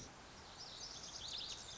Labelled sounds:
Lazuli Bunting
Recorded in Sonoma County, California

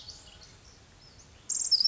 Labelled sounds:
Pacific Wren
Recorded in Sonoma County, California

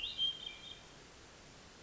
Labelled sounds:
Hermit Thrush
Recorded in Sonoma County, California

